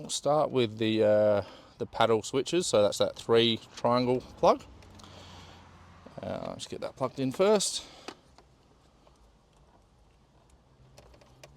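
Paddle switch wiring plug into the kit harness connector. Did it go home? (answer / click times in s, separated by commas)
yes / 11.4 s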